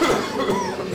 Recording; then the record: coughing mixed with background sound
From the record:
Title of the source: Mid-morning Winter Coughing Fit